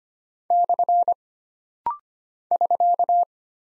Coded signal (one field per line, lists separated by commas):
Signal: Morse code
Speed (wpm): 25 wpm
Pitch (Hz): 700 Hz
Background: none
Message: / <SK>